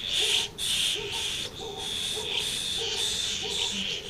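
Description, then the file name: Swallows twittering steadily in a long high stream, with a softer lower pulse repeating underneath about twice a second. Recorded at Amblagnieu on 2 July 2017 with an MZ-N710 recorder. "Hirondelles Amblagnieu"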